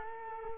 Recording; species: mosquito wingbeat signal from an infrared sensor; Culex quinquefasciatus